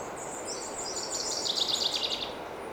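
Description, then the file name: Common chaffinch song: high, thin notes leading into a rapid, rattling series of bright chips, with steady hiss underneath. "Fringilla coelebs"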